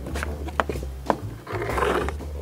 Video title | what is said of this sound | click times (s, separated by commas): Pile Encapsulation with Form-A-Tube | would snap the last edge of it together you can hear the snapping sound of the connectors once you have created the cylinder | 0.6 s, 1.1 s, 2.1 s